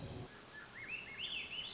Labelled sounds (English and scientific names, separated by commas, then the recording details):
Swainson's Thrush (Catharus ustulatus)
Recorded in Sonoma County, California